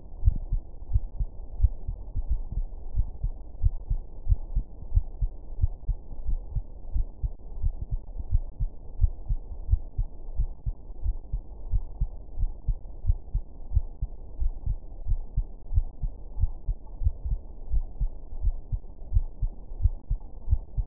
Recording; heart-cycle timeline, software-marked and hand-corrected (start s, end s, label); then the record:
heart sounds
0.00	0.24	diastole
0.24	0.38	S1
0.38	0.52	systole
0.52	0.62	S2
0.62	0.92	diastole
0.92	1.04	S1
1.04	1.18	systole
1.18	1.28	S2
1.28	1.58	diastole
1.58	1.72	S1
1.72	1.88	systole
1.88	1.98	S2
1.98	2.28	diastole
2.28	2.42	S1
2.42	2.56	systole
2.56	2.66	S2
2.66	2.96	diastole
2.96	3.08	S1
3.08	3.24	systole
3.24	3.34	S2
3.34	3.62	diastole
3.62	3.74	S1
3.74	3.90	systole
3.90	4.00	S2
4.00	4.28	diastole
4.28	4.40	S1
4.40	4.54	systole
4.54	4.64	S2
4.64	4.94	diastole
4.94	5.04	S1
5.04	5.20	systole
5.20	5.30	S2
5.30	5.60	diastole
5.60	5.72	S1
5.72	5.88	systole
5.88	5.98	S2
5.98	6.28	diastole
6.28	6.40	S1
6.40	6.54	systole
6.54	6.64	S2
6.64	6.94	diastole
6.94	7.06	S1
7.06	7.22	systole
7.22	7.32	S2
7.32	7.62	diastole
7.62	7.74	S1
7.74	7.90	systole
7.90	8.00	S2
8.00	8.32	diastole
8.32	8.46	S1
8.46	8.62	systole
8.62	8.70	S2
8.70	9.00	diastole
9.00	9.14	S1
9.14	9.30	systole
9.30	9.40	S2
9.40	9.70	diastole
9.70	9.82	S1
9.82	9.98	systole
9.98	10.08	S2
10.08	10.38	diastole
10.38	10.50	S1
10.50	10.66	systole
10.66	10.74	S2
10.74	11.04	diastole
11.04	11.16	S1
11.16	11.32	systole
11.32	11.42	S2
11.42	11.72	diastole
11.72	11.84	S1
11.84	12.00	systole
12.00	12.10	S2
12.10	12.40	diastole
12.40	12.52	S1
12.52	12.68	systole
12.68	12.78	S2
12.78	13.06	diastole
13.06	13.18	S1
13.18	13.34	systole
13.34	13.44	S2
13.44	13.74	diastole
13.74	13.86	S1
13.86	14.02	systole
14.02	14.10	S2
14.10	14.40	diastole
14.40	14.52	S1
14.52	14.68	systole
14.68	14.78	S2
14.78	15.08	diastole
15.08	15.22	S1
15.22	15.36	systole
15.36	15.46	S2
15.46	15.72	diastole
15.72	15.86	S1
15.86	16.02	systole
16.02	16.12	S2
16.12	16.40	diastole
16.40	16.52	S1
16.52	16.68	systole
16.68	16.76	S2
16.76	17.02	diastole
17.02	17.14	S1
17.14	17.26	systole
17.26	17.38	S2
17.38	17.72	diastole
17.72	17.86	S1
17.86	18.02	systole
18.02	18.12	S2
18.12	18.42	diastole
18.42	18.56	S1
18.56	18.72	systole
18.72	18.80	S2
18.80	19.12	diastole
19.12	19.26	S1
19.26	19.42	systole
19.42	19.52	S2
19.52	19.80	diastole
19.80	19.94	S1
19.94	20.10	systole
20.10	20.18	S2
20.18	20.48	diastole
20.48	20.62	S1
20.62	20.76	systole
20.76	20.86	S2
20.86	20.87	diastole
From the record:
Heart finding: coronary artery disease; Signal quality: good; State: rest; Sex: female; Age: 60 years